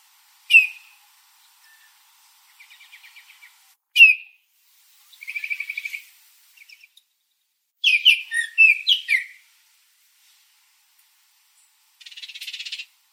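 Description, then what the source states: Bird with sharp single whistled notes, soft short trills, a buzzy note, a jumbled burst of chirps, then a closing dry buzzing rattle. Arizona.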